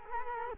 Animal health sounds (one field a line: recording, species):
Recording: mosquito wingbeat signal from an infrared sensor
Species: Culex quinquefasciatus